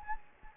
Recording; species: mosquito wingbeat signal from an infrared sensor; Anopheles gambiae